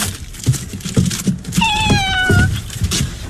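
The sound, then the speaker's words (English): A kitten gives one drawn-out, high-pitched meow that slides slightly downward in pitch, set against soft rustling and low background bumps. “Well, he's exactly the same as another little kitten I've seen.”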